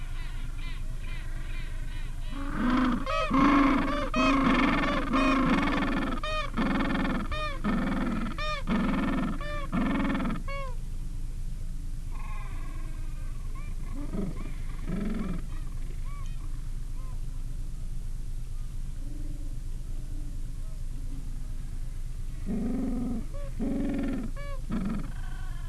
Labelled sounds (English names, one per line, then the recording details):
Gentoo Penguin
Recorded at the colony at Cuverville Island, Antarctica, on 15 December 2015
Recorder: Song Meter SM2+